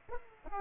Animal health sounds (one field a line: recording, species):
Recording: mosquito wingbeat signal from an infrared sensor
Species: Aedes aegypti